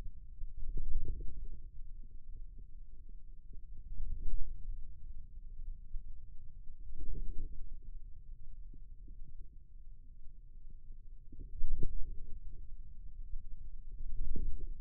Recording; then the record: forearm muscle sounds (acoustic myography)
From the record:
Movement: wrist flexion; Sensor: system 2, bracelet of six BSWA MPA416 microphones around the upper forearm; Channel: 2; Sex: male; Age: 22 years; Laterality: right